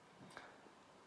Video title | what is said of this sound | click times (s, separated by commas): QCC3008 Programming - PSTool [rename / change address] | so you had that snap into place | 0.4 s